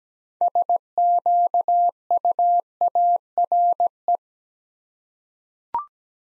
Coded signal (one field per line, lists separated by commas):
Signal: Morse code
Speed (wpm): 17 wpm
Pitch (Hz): 700 Hz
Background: none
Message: SQUARE